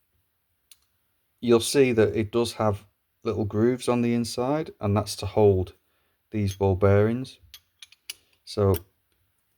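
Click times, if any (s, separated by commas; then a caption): 8.1 s. Someone talks while sliding the hexagonal steel crossbar of a multi-socket T-handle through the six-sided hole in its T-connector hub, and a few light ticks sound as it moves. At 8.1 s a sharp mechanical click is heard as the bar's spring-loaded ball bearing drops into the hub's internal groove and the crossbar locks into place.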